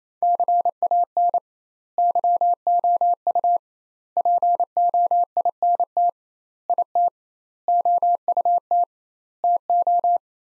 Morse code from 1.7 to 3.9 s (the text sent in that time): YOU